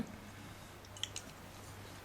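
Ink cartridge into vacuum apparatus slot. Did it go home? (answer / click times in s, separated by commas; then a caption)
yes / 1.0 s. An ink cartridge is pressed down into the slot of a cartridge vacuum tool, giving a sharp click at 1.0 s and a second, fainter click at about 1.2 s over a low steady hum. The cartridge seats in the slot.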